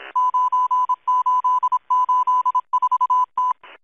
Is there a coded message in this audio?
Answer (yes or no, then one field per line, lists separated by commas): yes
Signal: Morse code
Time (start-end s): 0.2-3.5 s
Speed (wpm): 26 wpm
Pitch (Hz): 1000 Hz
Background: none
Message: 9884T